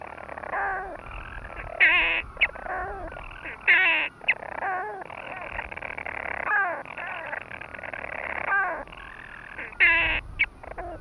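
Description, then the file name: European storm petrel giving a long, grating purr broken every couple of seconds by sharp, loud hiccup-like notes, several sounding throughout. "Storm Petrel (Hydrobates pelagicus)"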